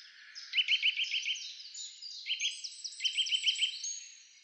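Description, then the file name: Eurasian nuthatch giving quick runs of high piping notes in a few short bursts. "Sitta europaea"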